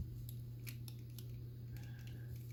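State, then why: Partly seated. A plastic part of a 1/48 Sentinel Riobot Legioss AFC-01Z toy mecha from Genesis Climber MOSPEADA is pressed flush against the back of the cockpit section of the body during transformation. Several small, sharp plastic clicks sound over a steady low hum, with the lock click at 0.9 seconds. The part only loosely locks in place.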